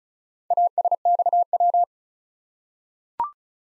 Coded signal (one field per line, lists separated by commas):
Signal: Morse code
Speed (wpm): 36 wpm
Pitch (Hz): 700 Hz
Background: none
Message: ASXW